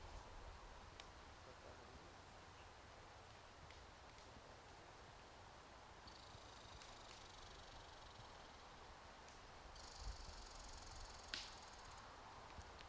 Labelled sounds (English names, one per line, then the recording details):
Red Squirrel call
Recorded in the wild
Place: Jasper National Park, Rocky Mountains, Alberta, CA
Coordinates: 52.8472, -118.077
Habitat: coniferous forest
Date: 1991-09-12 18:50
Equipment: Sony WM-D6C, Sony ECM-939 LT (Stereo), Kopie Uher 4400 IC
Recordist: Frommolt, Karl-Heinz